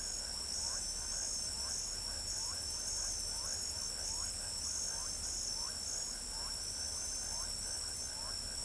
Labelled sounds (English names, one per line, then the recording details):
none
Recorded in pastures near Pivijay, Magdalena, Colombia, on 1 June 2023 at 22:00
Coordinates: 10.456, -74.369
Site P6-G026